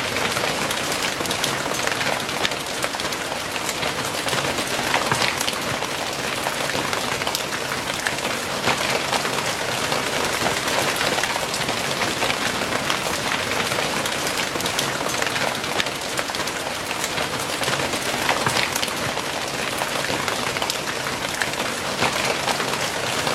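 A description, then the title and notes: Hail and rain clatter down in a courtyard, a dense, constant patter with sharp, bright ticks scattered throughout. The level holds steady for the whole stretch, with crisp hits over a softer hiss of falling water and a faint low rumble underneath. Hail rain in the courtyard.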